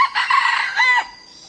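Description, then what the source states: Red junglefowl crowing: one brief raspy phrase in several segments, ending with a drawn-out falling note, over a constant thin insect drone. Young male crowing.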